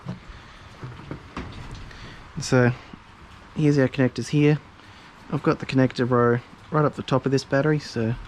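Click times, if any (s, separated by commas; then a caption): none. A flight battery for a small Mavic Mini quadcopter drone, one of three, is taken out of its kit and handled before it is lined up with its connector and pushed into the drone. Soft handling noises come around 1.1, 1.4 and 1.9 seconds while someone talks. Nothing has seated or clicked yet.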